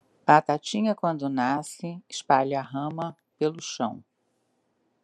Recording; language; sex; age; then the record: short text; Brazilian Portuguese; female; 60 to 69 years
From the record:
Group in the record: control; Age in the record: 68 years